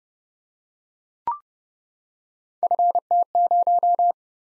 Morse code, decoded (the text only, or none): FT0